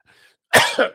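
After a brief quiet moment, an adult man who smokes gives a single loud, harsh cough. It has a strong first burst and a smaller second push, with rough, noisy expulsion and no clear wheeze. He has a lung problem.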